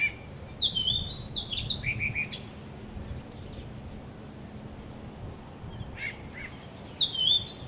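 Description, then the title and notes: Bird song: a lively burst of whistled slurs and chirps, a long pause with faint notes, then another bright phrase at the end. Birds singing vigorously at Wu Kai Sha, Hong Kong, on 15 December 2006; recorded with AKG condenser microphones in XY stereo. "香港 烏溪沙 雀鳥勁唱歌 Date: 15 December 2006"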